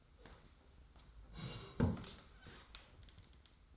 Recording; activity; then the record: daily activity, microphone in the room; sit down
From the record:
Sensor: 3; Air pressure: 990.4 hPa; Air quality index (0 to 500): 169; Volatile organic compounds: 1000 ppm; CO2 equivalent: 5450 ppm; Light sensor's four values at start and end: 45/107/44/42 and 45/106/43/42